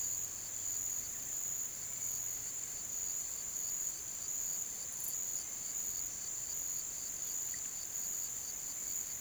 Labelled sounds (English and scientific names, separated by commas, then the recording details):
none
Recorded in pastures near Puerto Asís, Putumayo, Colombia, on 30 June 2025 at 13:30
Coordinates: 0.486, -76.323
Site H29